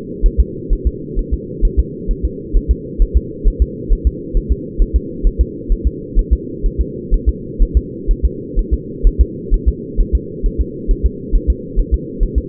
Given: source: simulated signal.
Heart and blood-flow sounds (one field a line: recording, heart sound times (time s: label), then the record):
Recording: fetal heart sounds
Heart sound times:
0.26 s: S1
0.40 s: S2
0.73 s: S1
0.87 s: S2
1.19 s: S1
1.34 s: S2
1.65 s: S1
1.80 s: S2
2.11 s: S1
2.25 s: S2
2.57 s: S1
2.71 s: S2
3.02 s: S1
3.17 s: S2
3.48 s: S1
3.62 s: S2
3.93 s: S1
4.07 s: S2
4.37 s: S1
4.52 s: S2
4.82 s: S1
4.96 s: S2
5.27 s: S1
5.41 s: S2
5.72 s: S1
5.87 s: S2
6.19 s: S1
6.33 s: S2
6.66 s: S1
6.81 s: S2
7.14 s: S1
7.29 s: S2
7.62 s: S1
7.77 s: S2
8.11 s: S1
8.25 s: S2
8.59 s: S1
8.74 s: S2
9.07 s: S1
9.21 s: S2
9.54 s: S1
9.69 s: S2
10.01 s: S1
10.15 s: S2
10.46 s: S1
10.61 s: S2
10.91 s: S1
11.06 s: S2
11.36 s: S1
11.50 s: S2
11.79 s: S1
11.94 s: S2
12.23 s: S1
12.38 s: S2
From the record:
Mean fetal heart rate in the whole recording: 130 bpm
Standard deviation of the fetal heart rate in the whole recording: 4 bpm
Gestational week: 38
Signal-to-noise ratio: -4.1 dB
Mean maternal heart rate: no maternal heart sound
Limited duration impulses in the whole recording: absent